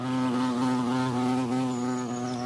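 Bumblebee buzzing: a steady, low droning hum with a slight waver, running unbroken throughout.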